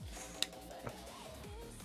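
A plastic arm guard is snapped onto the arm of an FPV drone frame, seating with a sharp, bright click at 0.4 s. A softer knock follows at 0.9 s, with music playing underneath throughout.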